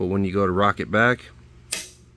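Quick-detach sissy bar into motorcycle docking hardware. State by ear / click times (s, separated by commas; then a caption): seated / 1.7 s. A quick-detach sissy bar is rocked back onto the four-point docking hardware of a Harley-Davidson motorcycle while someone talks. A sharp metallic click at 1.7 s marks the bar automatically locking into place, seated on the docking point.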